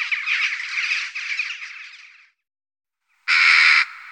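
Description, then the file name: Western jackdaw: rough, rapid chattering for about two seconds, a brief silence, then a single loud, harsh call. "dohle"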